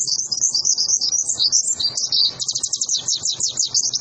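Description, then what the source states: White-eye song: dense, high-pitched twittering that runs without pause, ending in quick repeated rattling trills. Training recording (masteran) for caged white-eyes, with an actively singing bird (gacor).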